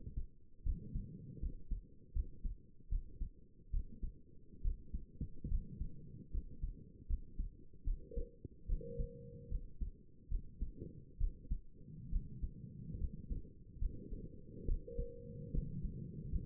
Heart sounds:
heart sounds by stethoscope; 73 bpm
0.65 s: heartbeat
1.41 s: heartbeat
2.14 s: heartbeat
2.90 s: heartbeat
3.72 s: heartbeat
4.63 s: heartbeat
5.50 s: heartbeat
6.32 s: heartbeat
7.08 s: heartbeat
7.85 s: heartbeat
8.68 s: heartbeat
9.50 s: heartbeat
10.30 s: heartbeat
11.19 s: heartbeat
12.11 s: heartbeat
12.99 s: heartbeat
13.80 s: heartbeat
14.67 s: heartbeat
15.53 s: heartbeat
16.31 s: heartbeat
From the record:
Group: healthy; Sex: female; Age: 22 years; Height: 163 cm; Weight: 67.1 kg

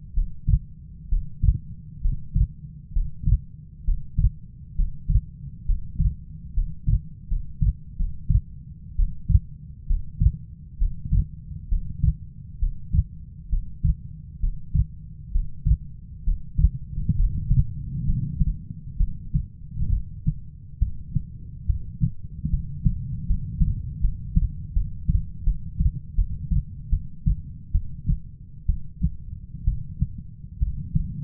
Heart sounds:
heart sounds by stethoscope; 69 bpm
0.13 s: heartbeat
1.09 s: heartbeat
2.01 s: heartbeat
2.93 s: heartbeat
3.84 s: heartbeat
4.75 s: heartbeat
5.65 s: heartbeat
6.53 s: heartbeat
7.28 s: heartbeat
7.96 s: heartbeat
8.95 s: heartbeat
9.86 s: heartbeat
10.78 s: heartbeat
11.68 s: heartbeat
12.59 s: heartbeat
13.49 s: heartbeat
14.39 s: heartbeat
15.31 s: heartbeat
16.23 s: heartbeat
17.15 s: heartbeat
18.05 s: heartbeat
18.97 s: heartbeat
19.90 s: heartbeat
20.79 s: heartbeat
21.66 s: heartbeat
22.50 s: heartbeat
23.27 s: heartbeat
24.01 s: heartbeat
24.73 s: heartbeat
25.44 s: heartbeat
26.16 s: heartbeat
26.90 s: heartbeat
27.72 s: heartbeat
28.66 s: heartbeat
29.65 s: heartbeat
30.59 s: heartbeat
From the record:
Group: healthy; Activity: Valsalva maneuver 0-15 s, rest 15-31 s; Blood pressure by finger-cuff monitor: 139/62 mmHg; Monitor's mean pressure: 83 mmHg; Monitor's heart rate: 66 bpm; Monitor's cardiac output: 6.2 L/min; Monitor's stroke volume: 92 mL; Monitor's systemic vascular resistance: 940 dyn s/cm5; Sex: female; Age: 37 years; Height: 168 cm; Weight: 70 kg

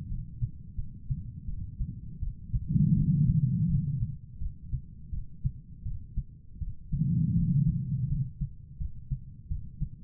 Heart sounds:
heart sounds by stethoscope; 83 bpm
0.09 s: heartbeat
0.76 s: heartbeat
1.46 s: heartbeat
2.20 s: heartbeat
2.95 s: heartbeat
3.68 s: heartbeat
4.39 s: heartbeat
5.11 s: heartbeat
5.84 s: heartbeat
6.60 s: heartbeat
7.35 s: heartbeat
8.08 s: heartbeat
8.78 s: heartbeat
9.49 s: heartbeat
From the record:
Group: healthy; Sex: female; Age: 51 years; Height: 162 cm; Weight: 70.04 kg

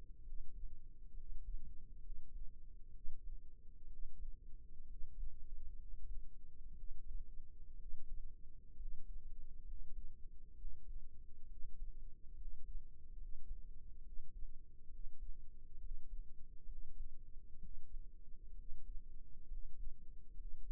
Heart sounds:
heart sounds by microphone in the right ear; 66 bpm
0.22 s: heartbeat
1.13 s: heartbeat
2.00 s: heartbeat
2.91 s: heartbeat
3.87 s: heartbeat
4.86 s: heartbeat
5.76 s: heartbeat
6.74 s: heartbeat
7.76 s: heartbeat
8.75 s: heartbeat
9.63 s: heartbeat
10.55 s: heartbeat
11.47 s: heartbeat
12.35 s: heartbeat
13.16 s: heartbeat
14.02 s: heartbeat
14.89 s: heartbeat
15.79 s: heartbeat
16.66 s: heartbeat
17.59 s: heartbeat
18.54 s: heartbeat
19.47 s: heartbeat
20.35 s: heartbeat
From the record:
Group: healthy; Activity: rest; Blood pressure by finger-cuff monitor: 105/68 mmHg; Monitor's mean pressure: 79 mmHg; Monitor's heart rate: 66 bpm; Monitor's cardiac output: 5.7 L/min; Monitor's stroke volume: 88 mL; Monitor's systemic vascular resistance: 1000 dyn s/cm5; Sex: male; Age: 22 years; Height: 181 cm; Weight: 79 kg

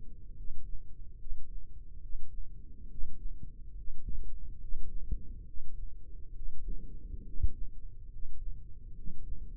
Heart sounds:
heart sounds by microphone in the left ear; 70 bpm
0.34 s: heartbeat
1.17 s: heartbeat
1.99 s: heartbeat
2.87 s: heartbeat
3.73 s: heartbeat
4.58 s: heartbeat
5.44 s: heartbeat
6.32 s: heartbeat
7.23 s: heartbeat
8.08 s: heartbeat
8.93 s: heartbeat
From the record:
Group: healthy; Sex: male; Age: 23 years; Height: 178 cm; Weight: 96.6 kg

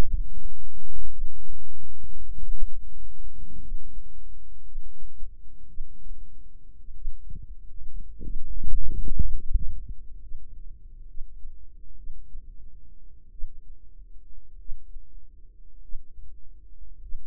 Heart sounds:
heart sounds by microphone in the right ear; 53 bpm
1.10 s: heartbeat
2.37 s: heartbeat
3.59 s: heartbeat
4.63 s: heartbeat
5.66 s: heartbeat
6.93 s: heartbeat
8.21 s: heartbeat
9.30 s: heartbeat
10.19 s: heartbeat
11.06 s: heartbeat
11.95 s: heartbeat
13.30 s: heartbeat
14.57 s: heartbeat
15.80 s: heartbeat
16.99 s: heartbeat
From the record:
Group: healthy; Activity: rest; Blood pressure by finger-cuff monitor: 103/60 mmHg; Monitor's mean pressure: 74 mmHg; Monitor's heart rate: 48 bpm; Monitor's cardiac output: 4.6 L/min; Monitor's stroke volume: 88 mL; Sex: female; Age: 36 years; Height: 163 cm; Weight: 88 kg

